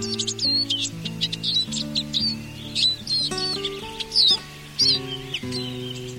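Eurasian siskin song: high twittering notes and thin downward-slurred whistles over loud sustained instrumental music.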